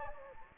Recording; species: mosquito wingbeat signal from an infrared sensor; Anopheles gambiae